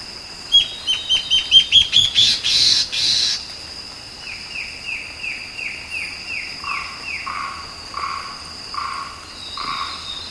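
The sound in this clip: Bird calls: a fast run of sharp high chirps, a brief harsh burst, then a steady series of clear downslurred whistles alternating with lower notes.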